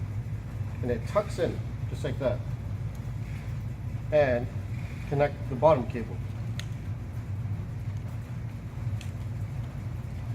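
A bottom flat ribbon cable is pushed into its connector on a replacement print head for an H4 and UV2400 printer while someone talks over a steady low hum. A sharp, short click at 6.6 s marks the cable seating in place. A fainter tick follows at 9.0 s.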